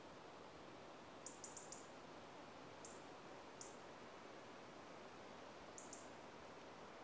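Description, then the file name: European robin calls: very high, thin, short notes, a quick run of three, then scattered single notes and a final pair, over steady hiss. "Erithacus rubecula - European Robin"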